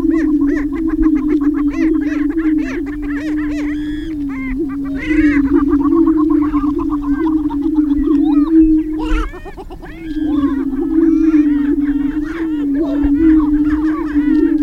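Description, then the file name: Greater prairie chicken booming: a steady low hooting drone of overlapping booms, topped by frequent squeaky cackles and whining calls, with a brief lull near nine seconds. Greater prairie chickens booming, recorded 6 May 2005. "2005-05-06 Greater Prairie Chicken Booming"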